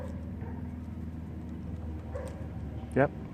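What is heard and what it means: A plastic wire clamp on a GY6 scooter wiring harness is handled while someone talks over a low steady hum, with a brief louder burst near 3.0 s. The clamp is still not pushed home; nothing has seated or clicked yet.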